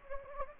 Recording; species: mosquito wingbeat signal from an infrared sensor; Anopheles gambiae